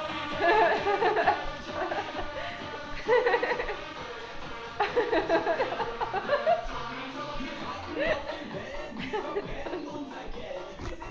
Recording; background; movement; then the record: laughter; music; walking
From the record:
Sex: female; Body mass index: 18.3 kg/m2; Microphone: on the chest, facing outward